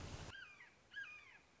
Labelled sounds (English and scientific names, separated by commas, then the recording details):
Red-shouldered Hawk (Buteo lineatus)
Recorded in Sonoma County, California